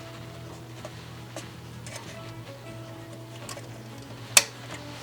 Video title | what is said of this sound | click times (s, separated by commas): SMALL BUSINESS VLOG- Sew A Double Layered Ribbon Tutu Using The Vevor Industrial Sewing Machine | boom heard the click all right now let me go ahead and thread the top | 4.4 s